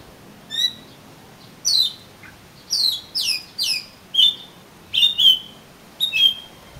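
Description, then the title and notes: Oriental magpie-robin song of clear, high whistled notes, many sliding downward, delivered singly or in quick pairs about once a second. "suara kacer. kumpulan suara burung kacer"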